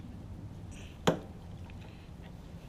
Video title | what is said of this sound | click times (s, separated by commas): How to Replace a Fender Tip on a Motorcycle | and it'll snap right into place | 1.1 s